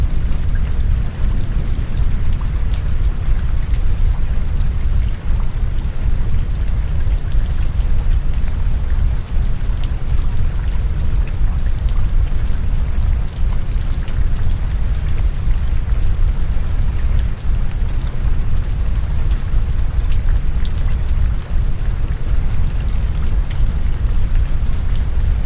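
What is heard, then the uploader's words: Steady rain falls over a deep, low rumbling noise bed, with dense patter and faint drop ticks holding constant throughout without change. Gentle Thunder, Rain & Brown Noise.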